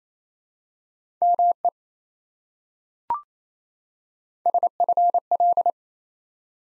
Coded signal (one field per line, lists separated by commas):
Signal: Morse code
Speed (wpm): 27 wpm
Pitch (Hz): 700 Hz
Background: none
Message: ME SFL